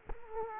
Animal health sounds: mosquito wingbeat signal from an infrared sensor; Culex quinquefasciatus

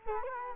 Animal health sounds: mosquito wingbeat signal from an infrared sensor; Culex quinquefasciatus

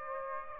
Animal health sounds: mosquito wingbeat signal from an infrared sensor; Aedes aegypti

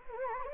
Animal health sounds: mosquito wingbeat signal from an infrared sensor; Anopheles gambiae

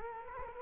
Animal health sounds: mosquito wingbeat signal from an infrared sensor; Culex quinquefasciatus

